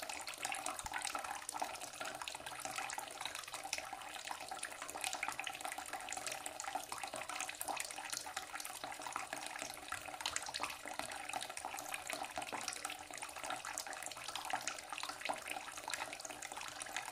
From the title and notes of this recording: Slow Flowing Water - White Noise. Enjoy the sound of slow running water as it pours into a small pool.